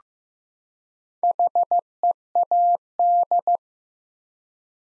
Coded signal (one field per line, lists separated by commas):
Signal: Morse code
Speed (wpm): 15 wpm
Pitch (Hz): 700 Hz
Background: none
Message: HEAD